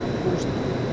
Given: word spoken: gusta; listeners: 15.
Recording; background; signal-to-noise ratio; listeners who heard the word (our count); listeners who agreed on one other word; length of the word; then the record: one Spanish word in noise, from a listening test; speech-shaped noise; -6.7 dB; 1 of 15; 6 of 15; 0.54 s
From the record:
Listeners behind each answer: 6, 2, 1, 1, 1, 1, 1, 1, 1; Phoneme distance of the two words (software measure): 10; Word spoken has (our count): 2 syllables, 5 phonemes, stress on syllable 1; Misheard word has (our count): 2 syllables, 5 phonemes, stress on syllable 1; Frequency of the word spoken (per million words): 83.56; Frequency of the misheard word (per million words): 81.73